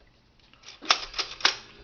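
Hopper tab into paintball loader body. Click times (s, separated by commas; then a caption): 0.9 s, 1.5 s. A hopper lid tab on a Dye Rotor V3 paintball loader, its notch set in the hole, is pushed forward into the loader body. After a few faint scrapes, sharp clicks sound at 0.9 s and 1.5 s, with a softer rattle between them. The tab clicks home and is seated.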